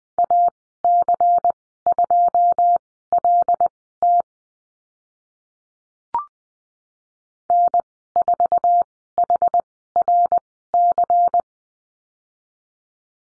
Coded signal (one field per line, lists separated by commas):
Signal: Morse code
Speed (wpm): 20 wpm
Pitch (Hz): 700 Hz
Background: none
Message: AC2LT N4HRC